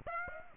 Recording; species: mosquito wingbeat signal from an infrared sensor; Aedes aegypti